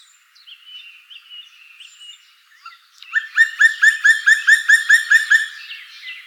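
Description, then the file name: Black woodpecker calling: after faint notes, a loud rapid series of ringing, harsh notes bursts out. Recorded 27 June 2013. "27 06 2013 Schwarzspecht"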